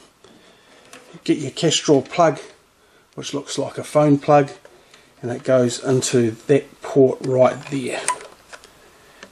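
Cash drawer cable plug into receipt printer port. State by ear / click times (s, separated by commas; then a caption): seated / 9.2 s. Someone talks while an RJ-style cash drawer cable plug is pushed into the drawer-kick port on the underside of an upturned Epson TM-m30II receipt printer. A short click is heard at 9.2 s as the plug seats in the port.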